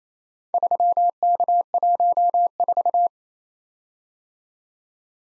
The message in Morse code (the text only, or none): 3K14